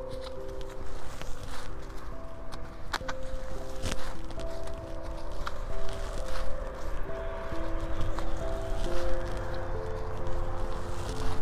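Someone pokes holes in laid mulch film with a stick and plants seedlings into the soil, with soft rustles, scrapes and a few sharp taps near three and four seconds. A steady low hum of held tones runs underneath the whole time.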